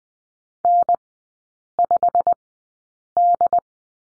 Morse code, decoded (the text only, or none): N5D